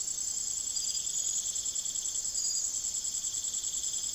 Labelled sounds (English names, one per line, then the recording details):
none
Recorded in secondary vegetation near Puerto Asís, Putumayo, Colombia, on 19 June 2025 at 02:00
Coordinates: 0.489, -76.322
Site G021